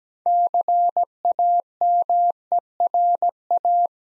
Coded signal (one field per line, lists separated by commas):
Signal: Morse code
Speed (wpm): 17 wpm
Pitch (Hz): 700 Hz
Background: none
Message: CAMERA